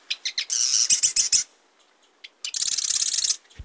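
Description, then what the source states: Marsh Wren song: a few sharp ticks leading into a dry, grating rattle, a pause, then a steady buzzy trill of similar length. Song likened to the grating of a rusty hinge, and to air bubbles forcing their way through mud.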